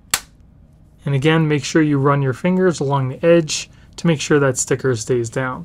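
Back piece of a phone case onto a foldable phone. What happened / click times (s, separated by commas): The case back piece snapped into place / 0.1 s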